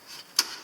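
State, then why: Seated. The outer trim bezel of a 12V/USB socket is pressed home onto the socket body, already screwed into a camper van wall panel. A single sharp, loud snap is heard at 0.4 s over quiet background noise. The bezel snaps into place and is seated.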